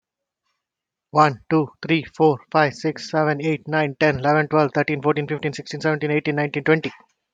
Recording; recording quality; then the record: counting at a fast pace; excellent, no background noise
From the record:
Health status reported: healthy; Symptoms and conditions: cough, hypertension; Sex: male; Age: 39 years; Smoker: not ticked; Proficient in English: yes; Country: India